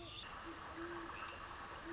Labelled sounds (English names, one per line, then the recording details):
Great Horned Owl
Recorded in Sonoma County, California